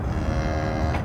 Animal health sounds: contact call of a hoofed animal; cattle; low-frequency (closed-mouth) or high-frequency (open-mouth) call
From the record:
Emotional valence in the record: positive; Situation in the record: visual reunion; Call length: 1.05 s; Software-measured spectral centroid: 1490 Hz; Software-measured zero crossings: 880 a second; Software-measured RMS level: -24 dBFS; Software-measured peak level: -13 dBFS

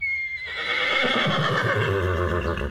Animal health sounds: contact call of a hoofed animal; horse; whinny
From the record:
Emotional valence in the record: negative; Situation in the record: group separation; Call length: 2.7 s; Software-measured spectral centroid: 1960 Hz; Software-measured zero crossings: 2910 a second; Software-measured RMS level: -24 dBFS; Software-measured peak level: -10 dBFS

